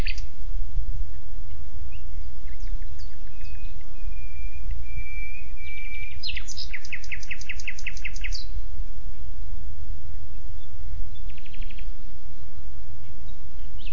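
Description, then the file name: Common nightingale song: a long drawn whistle, then a loud fast rattling trill, followed by quiet with only faint notes and low rumble. "Luscinia megarhynchos"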